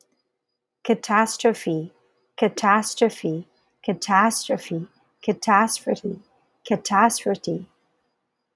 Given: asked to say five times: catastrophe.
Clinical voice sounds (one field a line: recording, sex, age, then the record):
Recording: repeated word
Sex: female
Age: 40 to 49 years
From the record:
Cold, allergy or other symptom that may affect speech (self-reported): no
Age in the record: 41 years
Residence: Hawaii, United States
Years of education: 16